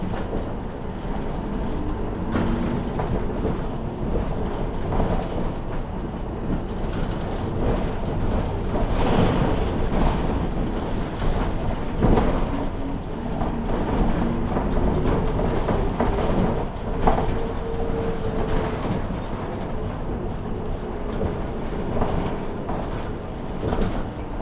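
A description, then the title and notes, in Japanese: Inside a Saihi bus heading down from the Yumiharidake observatory toward Sasebo Station, a steady low engine rumble fills the clip at an even level. Faint rattles and brief sharper knocks come and go, with a thin high whine running along the top. 西肥バス 弓張岳展望台→佐世保駅。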